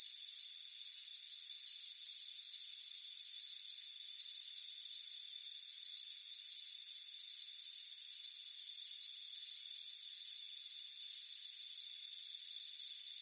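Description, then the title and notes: Crickets give sharp high trills in short bursts, slightly irregular, layered over several steady shrill tones. Crickets chirping on a warm afternoon at a front porch. "Soothing Crickets Chirping Sound. It's a warm afternoon as you relax in a hammock on the front porch. Relax and fall asleep to the soothing sound of chirping crickets. Deep Sleep Sounds"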